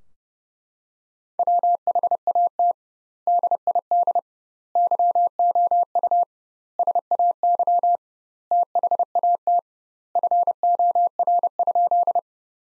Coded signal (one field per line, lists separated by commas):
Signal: Morse code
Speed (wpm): 32 wpm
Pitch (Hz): 700 Hz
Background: none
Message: WHAT DID YOU SAY THAT FOR?